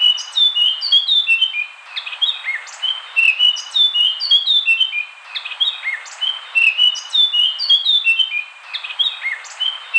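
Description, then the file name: Eurasian blackcap song of loud whistled notes stepping downward; the same phrase repeats roughly every three seconds over faint hiss. Song presented in all its variations. "burung blackcup semua variasi"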